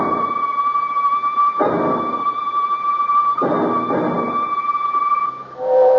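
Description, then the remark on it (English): A London train pulling into a station: a steady, high squealing whine holds throughout, broken by two heavy bursts of hissing rumble, with a brief change in tone at the end. “I think that's your London train coming in.”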